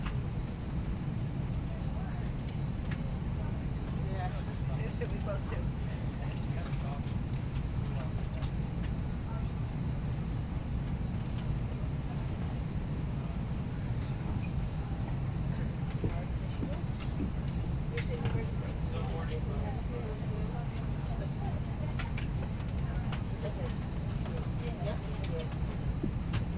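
Plane cabin sound in flight: a steady, heavy low rumble fills the whole stretch without letup. Faint murmured speech and scattered small clicks and knocks drift over it, with a thin high hum running throughout.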